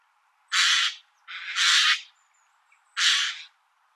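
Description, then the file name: Eurasian jay giving three harsh, rasping screeches, each about half a second long or a little more, with short gaps between them. "Garrulus glandarius"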